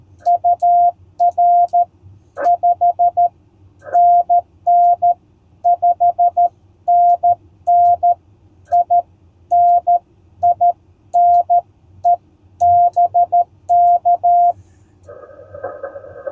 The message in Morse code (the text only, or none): UR 5NN 5NN I NINE BK